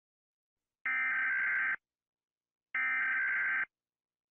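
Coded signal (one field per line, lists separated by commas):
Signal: Emergency Alert System (SAME) tones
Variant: header bursts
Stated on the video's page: Fictional EAS scenario, a simulated alert watched in a reaction.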